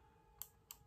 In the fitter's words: the way in and off you can hear it click but it's it's gone I mean it just disappeared in